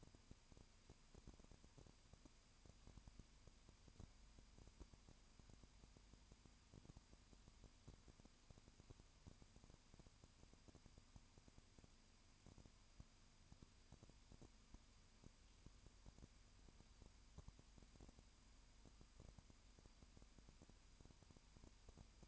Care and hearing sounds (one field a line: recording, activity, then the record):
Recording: daily activity, microphone in the room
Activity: no activity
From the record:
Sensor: 2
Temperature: 20.8 degrees Celsius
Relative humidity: 38.3%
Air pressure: 1010.4 hPa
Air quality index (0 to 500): 200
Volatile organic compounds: 19 ppm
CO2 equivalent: 2641 ppm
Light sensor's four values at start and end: 2/3/2/2 and 2/3/2/2